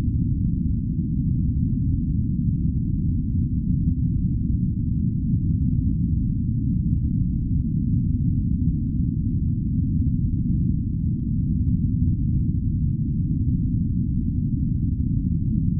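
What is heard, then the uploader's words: A deep, steady spaceship rumble fills the whole stretch, with all of its sound packed into the low end and nothing bright above. The level holds constant from start to finish, a dense, unbroken drone with only a faint grainy texture and no distinct events. The deep rumble of the spaceship. Starship Sleeping Quarters.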